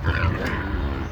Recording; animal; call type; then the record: contact call of a hoofed animal; wild boar; grunt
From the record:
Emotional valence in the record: negative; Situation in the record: naturally occurring agonistic interactions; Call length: 1.12 s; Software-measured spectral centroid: 1720 Hz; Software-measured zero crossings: 1210 a second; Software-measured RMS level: -24 dBFS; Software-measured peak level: -10 dBFS